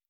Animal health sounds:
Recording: hydrophone in a shrimp aquaculture tank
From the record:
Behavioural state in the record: feeding

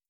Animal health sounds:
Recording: hydrophone in a shrimp aquaculture tank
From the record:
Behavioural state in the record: starved

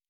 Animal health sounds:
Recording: hydrophone in a shrimp aquaculture tank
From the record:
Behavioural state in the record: normal

